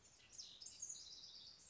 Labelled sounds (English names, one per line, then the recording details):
House Wren
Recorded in Sonoma County, California